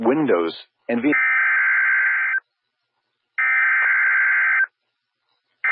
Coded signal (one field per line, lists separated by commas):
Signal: Emergency Alert System (SAME) tones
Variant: header bursts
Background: speech